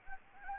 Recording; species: mosquito wingbeat signal from an infrared sensor; Anopheles gambiae